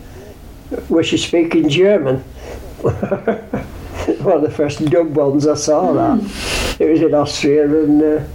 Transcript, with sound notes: Eh, where she's speaking German. [laughs] One of the first dubbed ones I saw that.
Mhmm.
It was in Austria and eh,